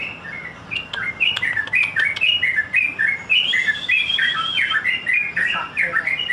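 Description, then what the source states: Asian pied starling song: busy, rapid chattering with squeaky, warbled notes, continuous throughout. Masteran tutor recording used to teach songbirds.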